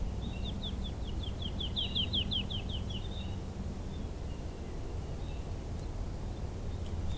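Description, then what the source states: Woodlark song: a fast run of liquid downslurred notes, swelling then fading over about three seconds, with steady low rumble beneath. Recorded 16 March 2023 on a lower path.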